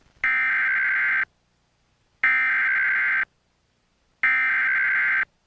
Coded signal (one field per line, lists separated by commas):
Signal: Emergency Alert System (SAME) tones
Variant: header bursts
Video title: EAS Flash Flood Warning – KUSA-TV 9, Denver, CO (9/14/2013)